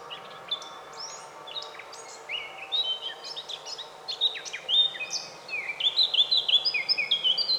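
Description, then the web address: Eurasian blackcap singing: soft twittering at first, growing louder into a string of pure, ringing whistles in the final seconds, over a low background hum. "SETE Sylvia atricapilla"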